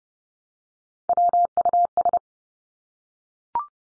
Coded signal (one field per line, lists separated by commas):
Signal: Morse code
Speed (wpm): 30 wpm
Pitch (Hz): 700 Hz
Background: none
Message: WUS